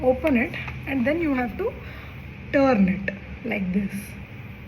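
Someone talks while handling the turning grip on the base of a plastic Symbicort Turbuhaler dry-powder inhaler, a placebo device that is opened and then twisted to load a dose. Nothing has clicked yet; the clip ends just before the grip clicks to signal the dose is loaded.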